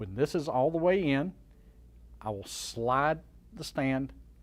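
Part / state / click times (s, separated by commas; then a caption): TV stand leg into the mounting holes on the TV back / not seated / none. A plastic and metal stand leg for an LG TV, with its pin and hook set into the mounting holes on the back of the TV, is being handled before it is slid into place. Someone talks throughout, with quiet pauses between phrases and no sharp sounds. Nothing has seated or clicked yet.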